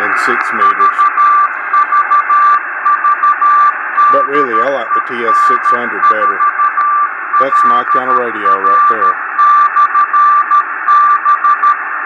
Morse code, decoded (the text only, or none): VVV DE N4LR/B